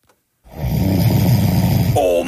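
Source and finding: Sleeping adult. Snoring.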